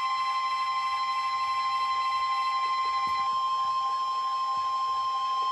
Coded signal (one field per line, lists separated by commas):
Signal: Emergency Alert System (SAME) tones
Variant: 1050 Hz attention tone